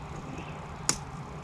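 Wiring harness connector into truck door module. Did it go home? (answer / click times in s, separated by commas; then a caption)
yes / 0.9 s. A tow mirror light harness plug is slid into its keyed socket in the door module of a 2013–2018 4th-gen Ram 1500/2500/3500 truck and pushed until it clicks. A single sharp, bright click sounds at 0.9 s over a steady low background hum. The connector is seated.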